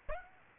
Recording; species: mosquito wingbeat signal from an infrared sensor; Aedes aegypti